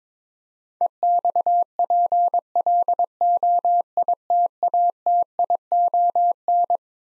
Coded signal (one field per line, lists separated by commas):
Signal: Morse code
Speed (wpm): 22 wpm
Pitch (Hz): 700 Hz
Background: none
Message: EXPLOITATION